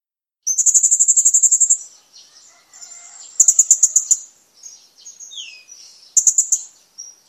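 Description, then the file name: Blue-crowned hanging parrot delivering fast strings of shrill high notes in three bursts, with softer lower chattering and a brief descending whistle between them. "suara burung serindit"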